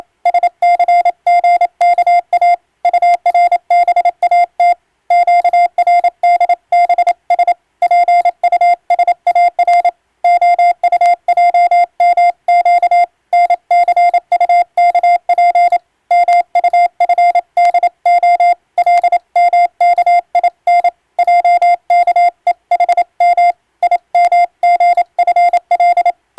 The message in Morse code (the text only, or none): SCGKA URBAT QRDBS PUSAR OUJMQ NCUKP MUFDO LMKIN JKEHM IMGFL